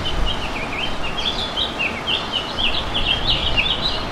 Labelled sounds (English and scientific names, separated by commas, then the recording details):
House Finch (Haemorhous mexicanus) song
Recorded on Long Island, New York, on 11 June 2012
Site OP
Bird B